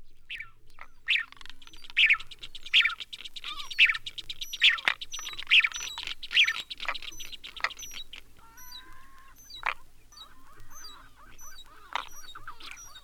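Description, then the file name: Steamer ducks give a rapid string of harsh, rasping calls, then quieter curved whistled notes and scattered high squeaks. "Ian J. Strange - Steamer Ducks"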